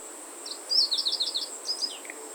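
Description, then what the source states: Meadow bunting singing a brief, fast run of high chirping notes that ends in a few thinner, falling notes, with a constant high insect whine behind it. Song recorded in August.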